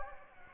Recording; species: mosquito wingbeat signal from an infrared sensor; Anopheles gambiae